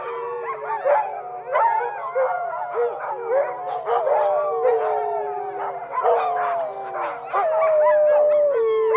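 Dogs howling together: several long, wavering, overlapping howls that rise and fall.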